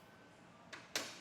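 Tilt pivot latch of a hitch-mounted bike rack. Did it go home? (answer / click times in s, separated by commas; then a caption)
yes / 1.0 s. The tilt pivot latch of a hitch-mounted Saris SuperClamp 2-bike rack on a 2023 Buick Envision is pushed up from its tilted-down position. A faint scrape comes at about 0.7 s, then a single sharp click at 1.0 s. The rack latches upright into its seated travel position.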